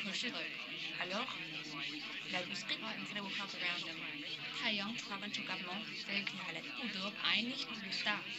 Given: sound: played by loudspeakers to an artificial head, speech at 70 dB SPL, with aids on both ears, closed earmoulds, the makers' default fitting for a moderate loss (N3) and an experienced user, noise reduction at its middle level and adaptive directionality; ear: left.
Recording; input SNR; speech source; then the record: speech test signal (ISTS) in cocktail-party noise; +3 dB; in front (0 degrees)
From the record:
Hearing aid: class 1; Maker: D